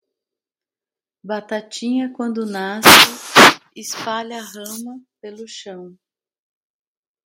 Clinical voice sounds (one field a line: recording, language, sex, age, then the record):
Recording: short text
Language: Brazilian Portuguese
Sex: female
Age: 40 to 49 years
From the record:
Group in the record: control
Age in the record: 49 years